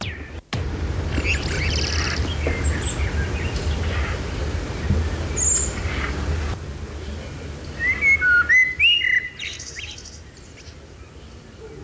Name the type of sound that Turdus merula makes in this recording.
song